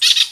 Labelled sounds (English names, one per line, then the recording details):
Brown-throated Parakeet contact call
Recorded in Venezuela
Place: Guárico; Corozopando; Fundo La Fe
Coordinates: 8.506, -67.593